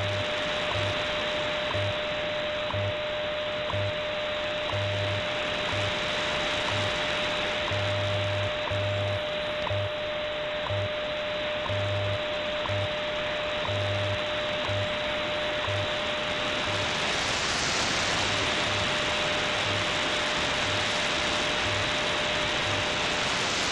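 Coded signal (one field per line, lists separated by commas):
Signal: radio time signal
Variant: WWV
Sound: steady mid-pitch tone buried in loud hiss, with faint low pulsed hum underneath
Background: radio static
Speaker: this is wwv in fort collins colorado on 15 megahertz i am switching between three antennas right now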